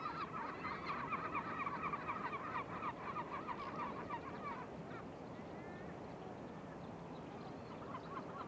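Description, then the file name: Mongolian Gulls calling in a dense chorus of short, nasal, repeated notes for about five seconds, then sparser calls over a constant low background rumble. Several Mongolian Gulls calling at Shahe Reservoir, 14 March 2021, 09:44. "2021-03-14-0944-Mongolian-Gulls-calling-Shahe-Reservoir"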